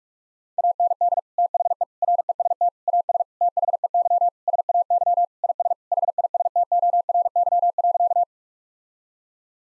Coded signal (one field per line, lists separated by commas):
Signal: Morse code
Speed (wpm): 41 wpm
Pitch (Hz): 700 Hz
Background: none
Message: AND THE REST AS THEY SAY IS HISTORY.